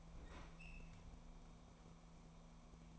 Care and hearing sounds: daily activity, microphone in the room; open fridge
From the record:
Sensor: 1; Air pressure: 1000.0 hPa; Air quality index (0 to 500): 133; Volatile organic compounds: 2 ppm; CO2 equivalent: 1258 ppm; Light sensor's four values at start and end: 38/96/40/49 and 38/95/40/49

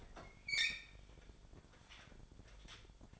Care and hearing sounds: daily activity, microphone in the room; open fridge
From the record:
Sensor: 5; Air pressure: 1007.9 hPa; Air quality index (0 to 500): 90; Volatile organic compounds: 1 ppm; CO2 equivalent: 710 ppm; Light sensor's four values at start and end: 43/98/41/43 and 44/102/43/45

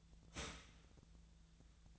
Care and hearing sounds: daily activity, microphone in the room; start toaster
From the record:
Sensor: 3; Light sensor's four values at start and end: 27/68/28/30 and 25/63/26/28

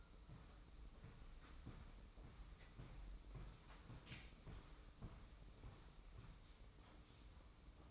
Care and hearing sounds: daily activity, microphone in the room; walk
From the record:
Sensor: 1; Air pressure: 990.7 hPa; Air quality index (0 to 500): 148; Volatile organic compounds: 1000 ppm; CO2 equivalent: 5340 ppm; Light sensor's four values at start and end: 28/66/28/30 and 27/62/27/29

